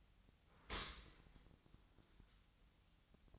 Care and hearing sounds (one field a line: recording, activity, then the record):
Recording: daily activity, microphone in the room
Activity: open dishwasher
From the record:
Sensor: 3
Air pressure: 1003.1 hPa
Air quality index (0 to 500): 196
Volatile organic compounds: 6 ppm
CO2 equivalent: 1915 ppm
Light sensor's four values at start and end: 21/51/21/23 and 20/50/21/22